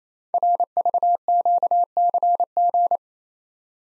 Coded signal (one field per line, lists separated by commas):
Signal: Morse code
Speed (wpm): 27 wpm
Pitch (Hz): 700 Hz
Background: none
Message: RVQCG